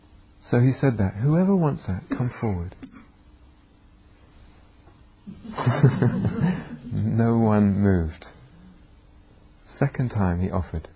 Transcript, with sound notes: So he said that, "Whoever wants that, come forward." [laughter] No one moved. Second time he offered.